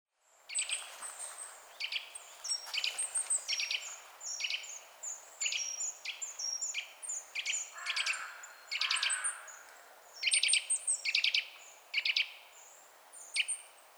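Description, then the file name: Eurasian nuthatch giving short, sharp, emphatic call notes, repeated irregularly in bursts. "Sitta europaea"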